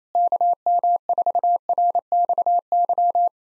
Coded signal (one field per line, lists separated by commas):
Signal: Morse code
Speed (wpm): 27 wpm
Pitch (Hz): 700 Hz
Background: none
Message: KM4RXY